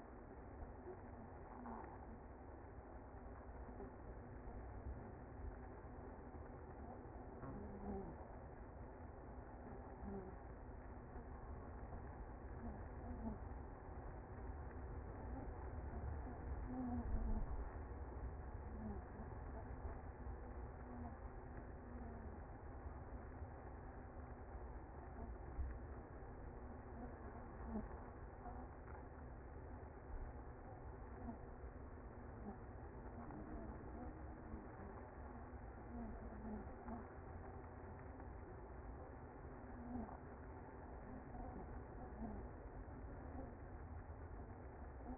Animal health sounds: honeybee colony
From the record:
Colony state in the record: active

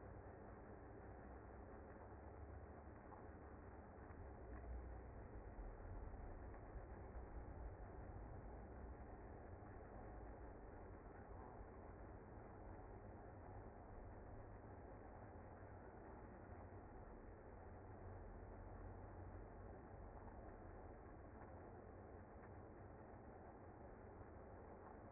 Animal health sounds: honeybee colony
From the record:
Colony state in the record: active

